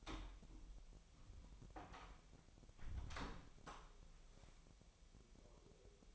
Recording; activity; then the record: daily activity, microphone in the room; close door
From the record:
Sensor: 1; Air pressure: 1007.6 hPa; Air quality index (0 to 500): 193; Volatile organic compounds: 18 ppm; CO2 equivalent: 2611 ppm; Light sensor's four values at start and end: 13/33/13/15 and 13/32/13/14